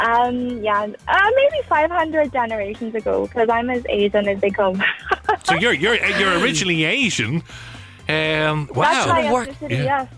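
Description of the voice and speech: An adult woman, an Australian dentist of Asian ethnicity, speaks fluently with a lilting, Irish-sounding accent, with a brief interjection from a male interviewer. She has never visited Ireland and has no immediate family from there, yet woke up one morning with the accent, which sounds like a mix of Irish regional accents. This is foreign accent syndrome: an acquired change in speech rhythm and pronunciation perceived as a foreign accent.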